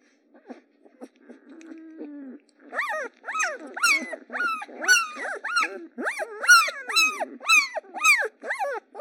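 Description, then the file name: Dog: puppies whimpering and yelping: after a few soft whines and a low moan, a dense run of high arched squeals starts near three seconds, repeated about twice a second. Several puppies; recording processed to pseudo-stereo. "Luffy Luffy Earth 2 Puppies"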